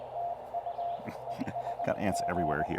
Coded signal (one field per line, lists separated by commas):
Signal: Morse code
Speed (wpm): 21 wpm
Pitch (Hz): 690 Hz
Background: speech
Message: TU ES G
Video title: Pairing the FT-818 and the SpoolTenna For Some QRP POTA Fun!